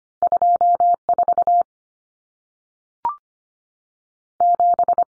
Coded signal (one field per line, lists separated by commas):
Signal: Morse code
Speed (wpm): 25 wpm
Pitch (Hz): 700 Hz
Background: none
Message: 24 7